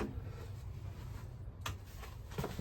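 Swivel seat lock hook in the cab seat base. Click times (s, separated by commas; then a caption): 1.7 s. The swivel lock hook in the cab seat base of a Sarus 68 is operated to turn the passenger seat back to its driving position. Over a low background rumble, a small sharp clack sounds at 1.7 s as the seat locks into place.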